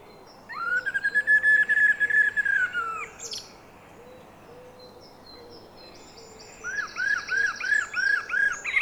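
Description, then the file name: Common blackbird holding a long, slightly wavering whistled note, then after a pause a run of several arched, repeated notes, with high chatter. "Turdus merula"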